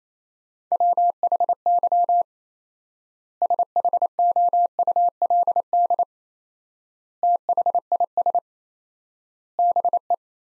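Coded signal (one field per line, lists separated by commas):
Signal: Morse code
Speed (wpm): 28 wpm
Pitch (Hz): 700 Hz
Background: none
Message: WHY SHOULD THIS BE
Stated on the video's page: Morse practice set of sentences built from the top 300 words at 28 wpm with 4x word spacing, a word-level take on the Farnsworth method.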